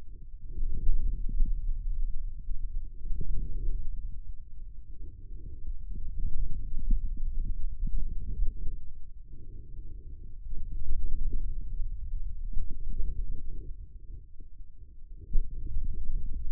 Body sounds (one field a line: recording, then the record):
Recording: forearm muscle sounds (acoustic myography)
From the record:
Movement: hand opening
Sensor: system 2, bracelet of six BSWA MPA416 microphones around the upper forearm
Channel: 6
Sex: male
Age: 22 years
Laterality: right